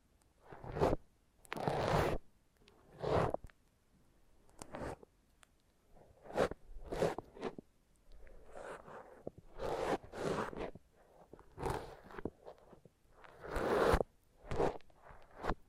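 Foam massage: a series of short rubbing, squeaky strokes, each lasting under a second, repeating irregularly about once per second across the whole sixteen seconds. The strokes sound bright and scratchy, much like a zipper, with brief quiet gaps between them.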